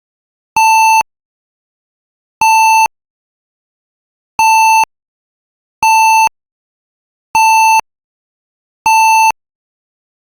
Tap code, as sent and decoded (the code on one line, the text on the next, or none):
none